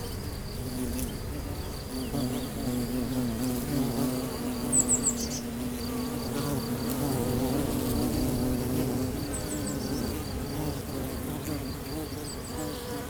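A chestnut-growing soundscape filled with a dense, wavering buzz of bees and flies that swells and fades throughout. A thin, steady insect trill runs high above, broken briefly, and short bird chirps come near five, ten and twelve seconds.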